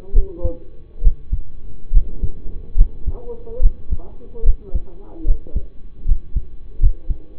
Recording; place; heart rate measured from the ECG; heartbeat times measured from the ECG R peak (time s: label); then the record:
heart sounds by stethoscope; between the tricuspid and mitral areas; 72 bpm
0.14 s: heartbeat
1.02 s: heartbeat
1.92 s: heartbeat
2.76 s: heartbeat
3.61 s: heartbeat
4.44 s: heartbeat
5.25 s: heartbeat
6.06 s: heartbeat
6.79 s: heartbeat
From the record:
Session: rest, lying down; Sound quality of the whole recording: partially saturated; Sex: male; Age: 25 years